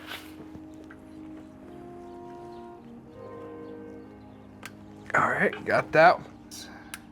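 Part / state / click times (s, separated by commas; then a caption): wiring harness extension connector into mating harness plug for truck reverse lights / seated / 6.9 s. A Baja Designs wiring harness extension connector is pushed together into the mating harness plug of the auxiliary reverse light harness on a 2023 Ford Super Duty truck, while someone talks. A short, sharp click at 6.9 s confirms the connector has seated and is connected.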